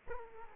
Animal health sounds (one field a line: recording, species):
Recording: mosquito wingbeat signal from an infrared sensor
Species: Aedes aegypti